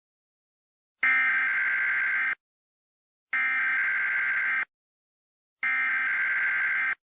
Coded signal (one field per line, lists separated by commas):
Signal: Emergency Alert System (SAME) tones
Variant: header bursts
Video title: EAS Scenario: Sanitized Desti